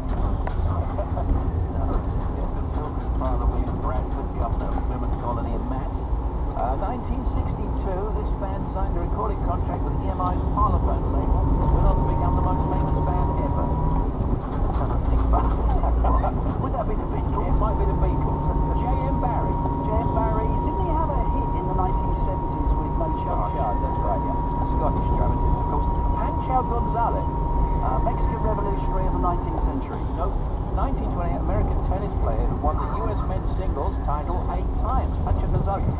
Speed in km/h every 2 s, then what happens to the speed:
32, 34, 35, 39, 39, 39, 40, 42, 40, 42, 42, 42, 42, 42, 42, 35, 34, 29.
0-13 speeds up to 42. 13-28 steady at about 42. 28-36 slows to 29.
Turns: none.